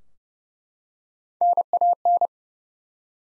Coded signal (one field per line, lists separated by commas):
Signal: Morse code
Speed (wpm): 30 wpm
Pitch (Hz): 700 Hz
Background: none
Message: NAN